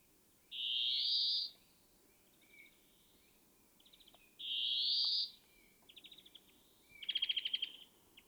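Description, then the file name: European greenfinch: two long nasal wheezes rising in pitch, with soft short trills around them and a louder rattling trill near the end. "Chloris chloris"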